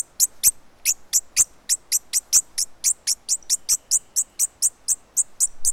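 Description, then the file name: Bird call series of short, sharp, high clicks delivered rapidly and evenly over a quiet hissy background. "SABIOD 50 bird 2015"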